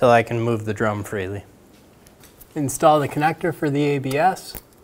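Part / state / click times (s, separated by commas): ABS wheel speed sensor connector into the vehicle harness connector / not seated / none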